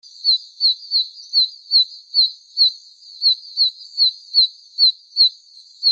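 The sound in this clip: Oak toad calling with high, thin chick-like peeps repeated roughly every 0.4 second.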